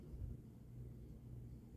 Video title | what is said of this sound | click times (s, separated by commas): #mens necklaces (sold) custom one of a kind#jewelry #beadedbracelets #beadedjewelry | Cuz if you don't hear a click, it may not be closed. See, like that's not really closed. | none